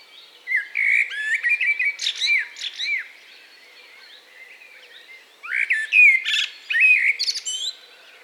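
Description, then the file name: Common blackbird singing two rich, fluty warbled phrases, each trailing into thin, scratchy high-pitched squeaks, with a quiet gap between them. "Turdus merula"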